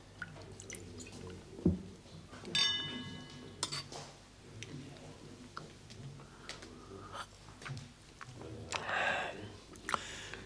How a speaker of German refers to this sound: Da wollen wir zwei Gläschen mit Portwein füllen und darauf anstoßen.